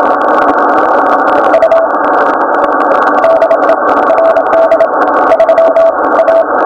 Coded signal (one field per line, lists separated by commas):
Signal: Morse code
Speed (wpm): 28 wpm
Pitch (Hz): 660 Hz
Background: none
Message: U DE RD 3 A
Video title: Ayo DX dengan mode CW